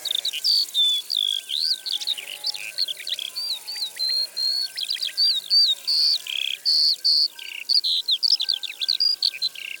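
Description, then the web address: Eurasian skylark singing a long unbroken flow of fast chirps, trills and whistled slurs, high and varied, with brief buzzy phrases woven in. "Alouette des champs. abc de la nature"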